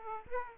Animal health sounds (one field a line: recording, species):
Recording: mosquito wingbeat signal from an infrared sensor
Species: Aedes aegypti